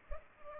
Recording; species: mosquito wingbeat signal from an infrared sensor; Culex pipiens